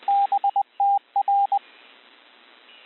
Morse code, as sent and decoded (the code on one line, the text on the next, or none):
-... - .-.
BTR